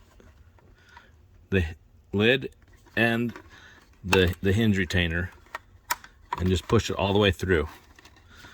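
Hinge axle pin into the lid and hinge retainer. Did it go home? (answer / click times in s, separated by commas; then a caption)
yes / 8.0 s. Someone talks while the hinge axle pin of an iRobot M6 Braava Jet is pushed all the way through the lid and the plastic hinge retainer, with a few sharp taps around 5.5 to 6.0 s. A small click at 8.0 s marks the pin locking in, seated.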